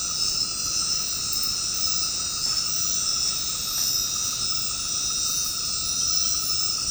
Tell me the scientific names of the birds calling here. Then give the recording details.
none. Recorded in secondary vegetation near Puerto Asís, Putumayo, Colombia, on 18 February 2024 at 21:00. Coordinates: 0.468, -76.324. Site G6381